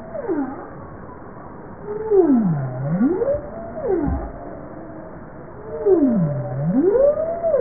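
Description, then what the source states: Bowhead whale calls, two U-shaped moaning sweeps that dip low and climb back up, with a brief falling call between them and faint background whale sounds. Recorded 19 April 1988.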